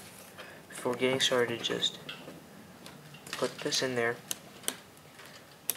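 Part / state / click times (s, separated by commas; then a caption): SD card into tablet card slot / seated / 5.7 s. Someone talks while pushing a microSD card into the card slot of a Nook Tablet until it latches. A few faint ticks follow the speech, then a sharp click at 5.7 s as the card seats in the slot.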